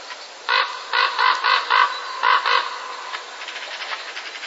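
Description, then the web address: Common raven uttering a rapid run of about eight rough, grating croaks, closely spaced, ending in fainter clipped notes against low background hiss. Courtship calling during the breeding season. "wroblowe ptaki krucze gody. kruk"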